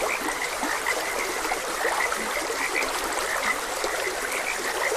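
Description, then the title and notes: Frogs croaking in a chorus, short bright notes repeating over and over, with a steady trickling stream underneath. Frogs croaking beside a gentle stream. "Gentle Stream and Frogs Croaking. Sleep and Relaxation Podcast"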